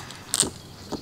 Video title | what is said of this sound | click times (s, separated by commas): Máy xịt rửa xe mini gia đình tự ngắt áp, hướng dẫn sử dụng từ a đến z máy xịt rửa xe oshima | Chỉ cần nghe một tiếng tách là được. | 0.3 s, 0.4 s